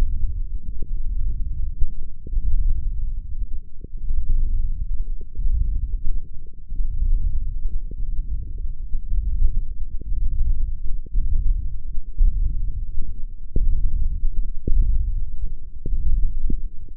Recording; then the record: forearm muscle sounds (acoustic myography)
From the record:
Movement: hand opening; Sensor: system 1, eight BSWA MPA416 microphones around the upper forearm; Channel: 5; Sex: male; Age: 18 years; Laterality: right